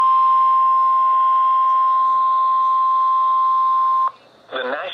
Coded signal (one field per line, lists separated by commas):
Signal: Emergency Alert System (SAME) tones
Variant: 1050 Hz attention tone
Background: speech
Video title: EAS Severe Thunderstorm Warning #4 (From LWX) 7/9/25 (Credit Goes To @SouthernPennsylvaniaWX)